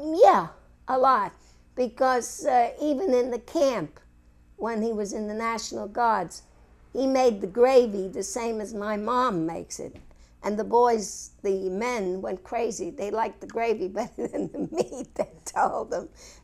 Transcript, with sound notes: Yeah, a lot, because even in camp, when he was in the National Guards, he made the gravy the same way as my mom makes it. And the boys, the men, went crazy. They liked the gravy ( she laughs) better than the meat, they told him.